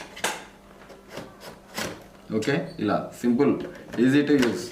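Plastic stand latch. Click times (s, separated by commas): 0.2 s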